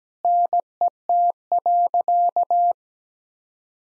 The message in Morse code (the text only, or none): NET.